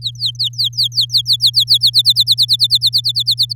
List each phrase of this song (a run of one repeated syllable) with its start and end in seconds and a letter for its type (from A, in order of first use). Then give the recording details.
0.02-1.78 A, 1.81-3.53 B. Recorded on 9 May 2018 at 07:08. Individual llb16